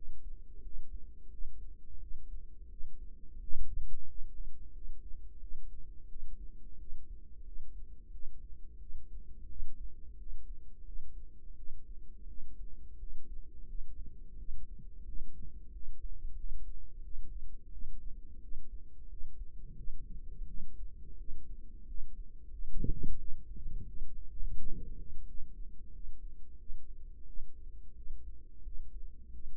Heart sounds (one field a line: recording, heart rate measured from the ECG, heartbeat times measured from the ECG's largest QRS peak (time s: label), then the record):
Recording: heart sounds by microphone in the right ear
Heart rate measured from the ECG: 88 bpm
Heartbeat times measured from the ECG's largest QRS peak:
0.60 s: heartbeat
1.28 s: heartbeat
1.98 s: heartbeat
2.68 s: heartbeat
3.38 s: heartbeat
4.05 s: heartbeat
4.71 s: heartbeat
5.38 s: heartbeat
6.06 s: heartbeat
6.76 s: heartbeat
7.42 s: heartbeat
8.09 s: heartbeat
8.77 s: heartbeat
9.46 s: heartbeat
10.16 s: heartbeat
10.83 s: heartbeat
11.54 s: heartbeat
12.25 s: heartbeat
12.97 s: heartbeat
13.65 s: heartbeat
14.35 s: heartbeat
15.03 s: heartbeat
15.70 s: heartbeat
16.34 s: heartbeat
17.01 s: heartbeat
17.69 s: heartbeat
18.39 s: heartbeat
19.07 s: heartbeat
19.74 s: heartbeat
20.45 s: heartbeat
21.15 s: heartbeat
21.84 s: heartbeat
22.48 s: heartbeat
23.16 s: heartbeat
23.84 s: heartbeat
24.54 s: heartbeat
25.24 s: heartbeat
25.90 s: heartbeat
26.56 s: heartbeat
27.24 s: heartbeat
27.93 s: heartbeat
28.61 s: heartbeat
29.30 s: heartbeat
From the record:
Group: healthy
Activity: rest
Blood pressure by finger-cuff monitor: 76/53 mmHg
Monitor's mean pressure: 61 mmHg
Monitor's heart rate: 88 bpm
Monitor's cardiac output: 6.7 L/min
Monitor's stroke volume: 75 mL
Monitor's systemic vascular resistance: 640 dyn s/cm5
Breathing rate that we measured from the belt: 20 breaths a minute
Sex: female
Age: 19 years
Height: 163 cm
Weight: 48.9 kg